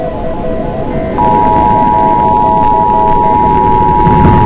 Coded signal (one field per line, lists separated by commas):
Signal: Emergency Alert System (SAME) tones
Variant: 853 and 960 Hz attention tone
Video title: EAS_Flash_Flood_RECORDING.mp4